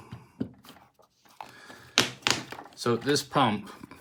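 A plastic water hose is connected to a push-to-connect quick fitting, then released by pushing down the fitting's black collar and pulling the hose out. Loud, sharp clicks come from the fitting at 2.0 and 2.3 seconds while someone talks. The hose comes free of the fitting.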